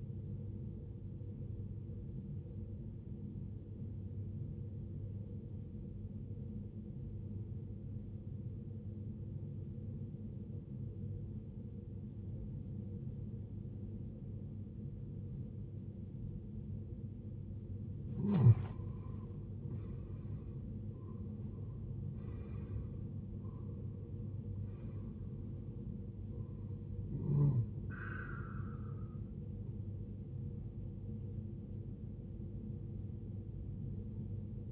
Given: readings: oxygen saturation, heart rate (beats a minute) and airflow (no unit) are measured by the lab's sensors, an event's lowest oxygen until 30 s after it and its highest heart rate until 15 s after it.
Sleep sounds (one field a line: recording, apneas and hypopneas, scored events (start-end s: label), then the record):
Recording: breathing in sleep by a smartphone at the bedside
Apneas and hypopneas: 1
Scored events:
3.00-19.60 s: obstructive apnea (N1, oxygen 93% highest, then 80% lowest, heart rate 64 at the start, 75 highest)
From the record:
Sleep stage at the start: N1 (lightest sleep)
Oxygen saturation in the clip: 83 to 93%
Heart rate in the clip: 64 to 75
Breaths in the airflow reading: 4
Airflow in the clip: -13.5 to 13.1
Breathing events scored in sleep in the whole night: 389 in 6.3 hours asleep